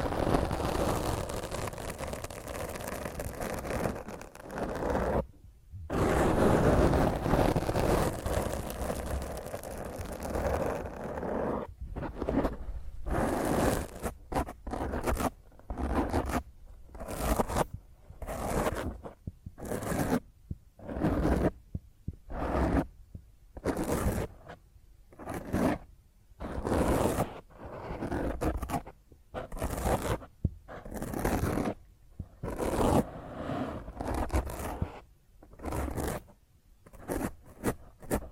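Rough fingernail scratching directly on a microphone, loud and grinding across the lows and mids. A dense, continuous scrape fills the first eleven seconds, then breaks into separate strokes roughly once or twice a second, each a harsh raspy burst with brief silences between.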